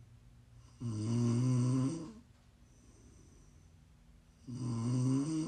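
An adult snoring in ASMR style: two loud, low-pitched, buzzing snores, each about a second and a half long, separated by a quiet pause of roughly two and a half seconds.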